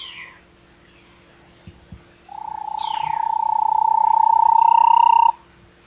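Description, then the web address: Bahia tapaculo call: a steady, rapid low trill lasting about three seconds, growing louder and creeping upward in pitch, with faint higher notes around it. "Bahia tapaculo. صدای-پرنده-تپلک-باهیا"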